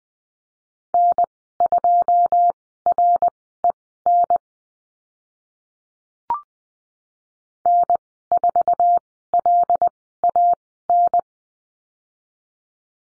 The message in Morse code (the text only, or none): N2REN N4LAN